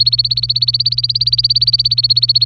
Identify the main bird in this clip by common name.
Domestic Canary